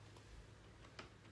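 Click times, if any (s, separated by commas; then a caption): none. A DDR4 memory stick is being lined up with the notch of a motherboard DIMM slot and handled before it is pressed in. Only faint ticks and a brief sharp transient near 1.0 s are heard over a low hum. Nothing has seated or clicked yet.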